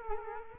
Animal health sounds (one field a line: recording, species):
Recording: mosquito wingbeat signal from an infrared sensor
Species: Culex quinquefasciatus